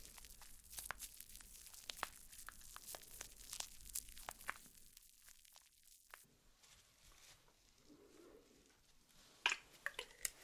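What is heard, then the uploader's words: Makeup sounds with no talking: a busy run of soft brushing and dry crinkly taps fills the first five seconds, then drops to near silence around five to six seconds. Quieter rustling follows, with a few sharper clicks near nine and a half seconds. ASMR Doing Your Makeup , Pure Sounds , No Talking.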